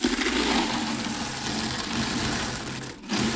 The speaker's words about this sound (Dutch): Er gaat weer een collectebus met allemaal muntjes. Dat klopt, ja.